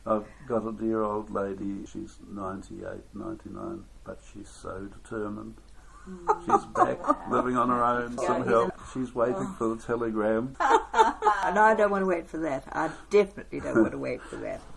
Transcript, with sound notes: I’ve got a dear old lady, she’s ninety-eight… ninety-nine, but she’s so determined. [Chuckle] She’s back living on her own with some help. She’s waiting for the telegram. [Chuckle] No, I don’t want to wait for that – I definitely don’t want to wait for that.